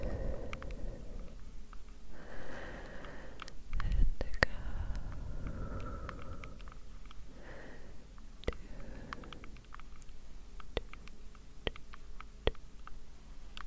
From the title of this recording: Breathing & light Tapping